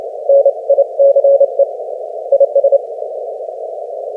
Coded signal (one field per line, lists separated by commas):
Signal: Morse code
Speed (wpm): 28 wpm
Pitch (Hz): 560 Hz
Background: none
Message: NICE IS